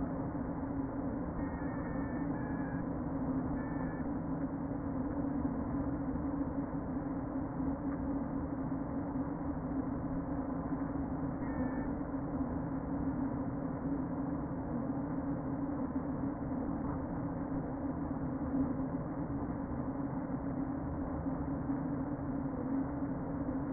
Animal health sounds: honeybee colony, microphone inside the hive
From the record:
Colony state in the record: queen present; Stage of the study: before two queens were removed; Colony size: about 60,000 bees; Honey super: yes

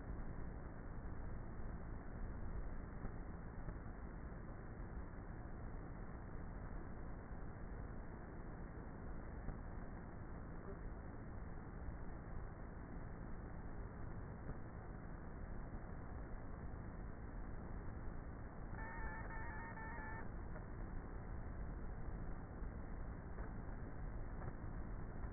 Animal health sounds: honeybee colony, microphone inside the hive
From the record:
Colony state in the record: queenless with a low population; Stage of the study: before two queens were removed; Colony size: about 30,000 bees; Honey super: no

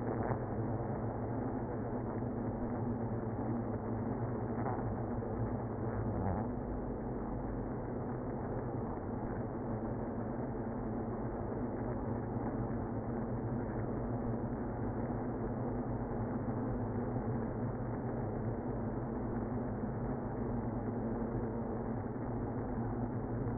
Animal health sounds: honeybee colony, microphone inside the hive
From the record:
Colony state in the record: queenless (queen removed); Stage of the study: after two queens were removed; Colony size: about 60,000 bees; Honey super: yes

